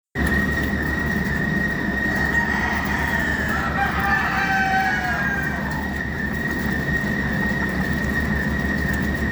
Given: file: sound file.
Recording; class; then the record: poultry; distress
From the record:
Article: Edge intelligence for poultry welfare: Utilizing tiny machine learning neural network processors for vocalization analysis